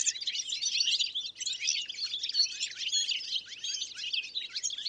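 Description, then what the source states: European Goldfinches calling together, a dense jumble of high, liquid twitters and tinkling chirps overlapping almost continuously throughout. Small roost of goldfinches; Plateau de Lesches-en-Diois, Drôme, 1000 m altitude; 30 January 2021; windless, sunny morning, sky clearing after days of rain; Nagra Seven with Telinga P7 parabolic reflector.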